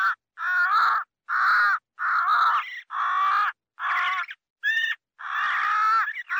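Crow producing several harsh repeated caws, with one shorter, higher clipped note near the end.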